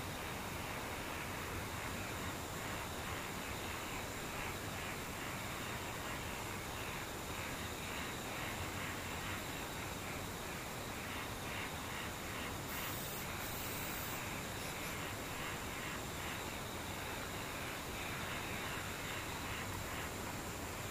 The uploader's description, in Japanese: 無音 遠くにムシ